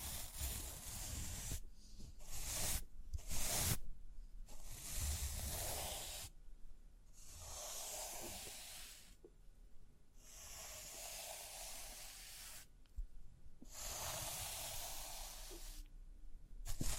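Brushing and scratching over rhinestones comes in hissy strokes, each lasting one to a few seconds and separated by brief pauses. The first seconds bring quicker, choppier strokes over soft low knocks. Later the sweeps grow longer and smoother, with a faint tap near fifteen seconds.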